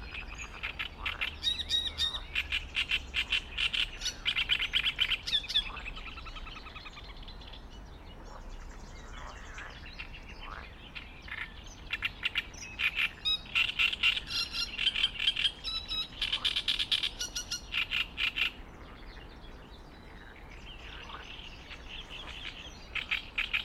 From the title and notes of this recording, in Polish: Sołtysowice - Wrocław, the Pond Near The Korona Shopping Center. Nagrane nad stawem na Sołtysowicach, blisko linii kolejowej. Rekorder, mikrofon: sony pcm d50, mic rode nt4, FEL BMA preamplifier Autor nagrania: Bartosz Grzyb.